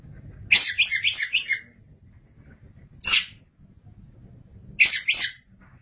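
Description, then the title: Oriental magpie-robin singing a rapid, chattering string of rasping notes, then two short harsh bursts spaced about two seconds apart. "Suara Kicauan Burung Kacer Durasi Panjang"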